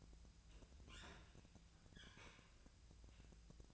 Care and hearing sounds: daily activity, microphone in the room; open fridge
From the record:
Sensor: 2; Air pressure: 999.9 hPa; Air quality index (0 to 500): 120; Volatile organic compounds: 2 ppm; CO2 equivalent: 1030 ppm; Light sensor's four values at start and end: 31/78/33/37 and 31/77/33/37

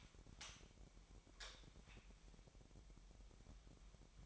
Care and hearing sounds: daily activity, microphone in the room; light on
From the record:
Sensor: 1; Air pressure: 1012.0 hPa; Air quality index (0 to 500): 232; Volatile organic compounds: 6 ppm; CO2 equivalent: 1852 ppm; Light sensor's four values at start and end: 13/31/13/15 and 17/46/18/20

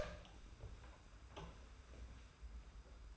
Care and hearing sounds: daily activity, microphone in the room; open door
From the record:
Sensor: 2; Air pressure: 991.5 hPa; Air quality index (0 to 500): 149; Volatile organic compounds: 420 ppm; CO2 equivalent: 4703 ppm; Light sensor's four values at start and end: 31/93/36/34 and 31/93/36/34

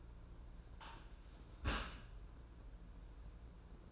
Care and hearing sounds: daily activity, microphone in the room; close dishwasher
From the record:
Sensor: 2

